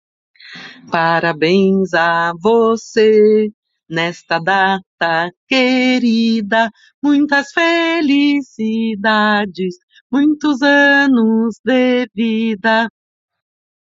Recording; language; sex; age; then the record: short text; Brazilian Portuguese; female; 40 to 49 years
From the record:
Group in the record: control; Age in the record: 40 years